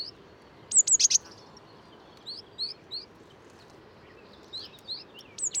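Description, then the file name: Eurasian blue tit calls: a quick cluster of very high, thin descending notes, scattered soft rising chips, then another high burst near the end; faint background hiss. "Cyanistes caeruleus"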